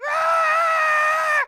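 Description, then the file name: Goat scream: one loud, sustained cry lasting about a second and a half, held at a steady pitch, nothing else heard. "山羊尖叫声"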